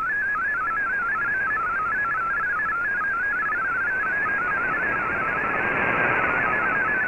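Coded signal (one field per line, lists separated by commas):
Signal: multi-tone FSK (Olivia or MFSK type)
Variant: MFSK32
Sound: rapid warbling single tone stepping between many close pitches over hiss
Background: radio static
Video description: Here is my decode of the Shortwave Radiogram broadcast today on 15770Khz shortwave radio at 1300UTC in MFSK32 and 64 and with 9 SSTV images.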